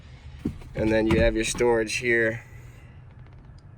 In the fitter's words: folds up as well and will lock into place and